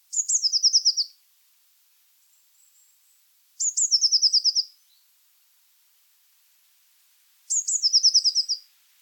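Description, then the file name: Eurasian blue tit song repeated three times, each a pair of thin high notes and a fast descending buzzy trill, about every four seconds. "Cyanistes caeruleus"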